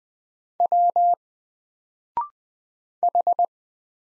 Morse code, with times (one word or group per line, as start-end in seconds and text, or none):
0.6-1.1 W
3.0-3.5 H